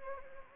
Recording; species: mosquito wingbeat signal from an infrared sensor; Anopheles gambiae